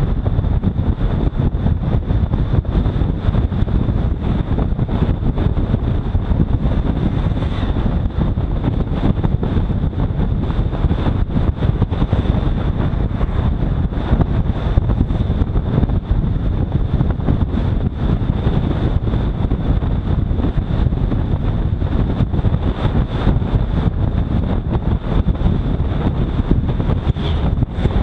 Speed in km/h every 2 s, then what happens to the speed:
66, 66, 65, 66, 65, 65, 63, 65, 66, 68, 69, 69, 70, 71.
0-28 steady at about 66.